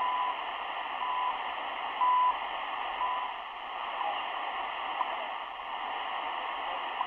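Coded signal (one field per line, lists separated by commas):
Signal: radio time signal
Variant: CHU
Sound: hissy shortwave noise with 1 kHz tone ticks once per second, one longer tick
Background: radio static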